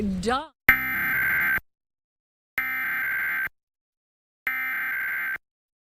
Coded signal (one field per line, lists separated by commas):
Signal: Emergency Alert System (SAME) tones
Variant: header bursts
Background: speech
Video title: LIVE: MN's new social media warning law, Wednesday storm chances | FOX 9 All Day